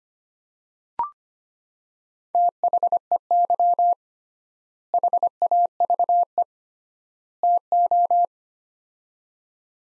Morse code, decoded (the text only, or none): THEY HAVE TO